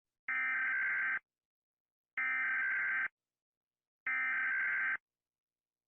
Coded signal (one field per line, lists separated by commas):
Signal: Emergency Alert System (SAME) tones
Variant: header bursts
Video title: The Ultimate Rating of eas alarms